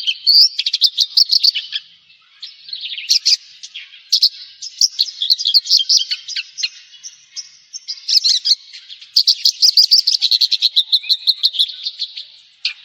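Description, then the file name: Javan bush lark giving a sustained, varied chattering song of fast trills and sharp buzzy notes with short pauses. "suara burung branjangan jawa"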